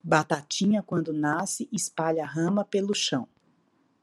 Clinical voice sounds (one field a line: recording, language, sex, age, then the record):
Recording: short text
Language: Brazilian Portuguese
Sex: female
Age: 50 to 59 years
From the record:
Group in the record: control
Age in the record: 50 years